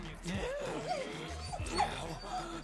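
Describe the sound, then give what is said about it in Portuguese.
A dog whines and whimpers in high, rising and falling cries, broken by a few short yips, while voices talk underneath. “Segura o cachorro.”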